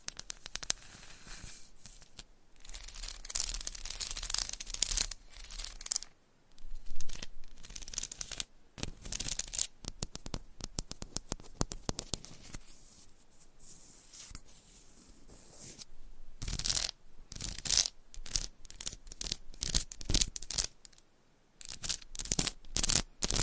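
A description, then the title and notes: Crisp scratching and tapping on textured candles, dense bursts of bright scraping and clicks throughout, with brief quiet gaps near 6 and 21 seconds. ASMR Candle Scratching and Tapping Textured Candles - Asmr No Talking for Sleep with Long Nails.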